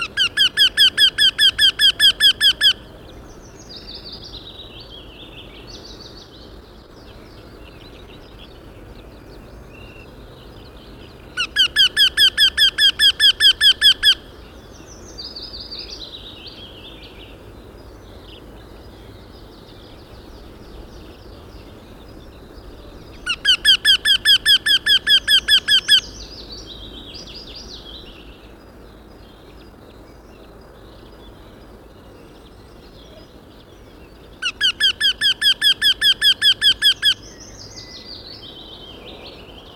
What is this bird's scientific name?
Jynx torquilla